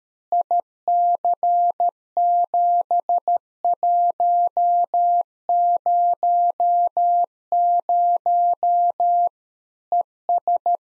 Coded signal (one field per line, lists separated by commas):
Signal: Morse code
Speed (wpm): 13 wpm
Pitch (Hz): 700 Hz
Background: none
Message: IC7100 ES